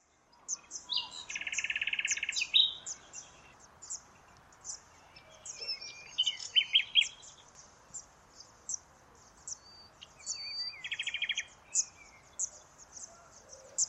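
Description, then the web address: Bird calls: a steady series of thin, high ticking notes mixed with occasional harsh buzzy rasps and brief whistles, over low background noise. "Deverinetal 2025. Bird Only"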